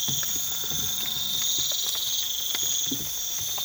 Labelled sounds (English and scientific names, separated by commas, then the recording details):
none
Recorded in pastures near Puerto Asís, Putumayo, Colombia, on 8 March 2025 at 03:30
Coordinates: 0.487, -76.322
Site G077